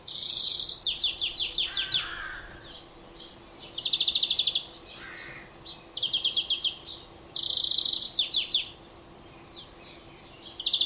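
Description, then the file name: European greenfinch calling in quick buzzy trills and chattering phrases, one after another with short gaps, plus a few brief lower notes among them. "Chloris chloris"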